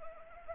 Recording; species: mosquito wingbeat signal from an infrared sensor; Anopheles arabiensis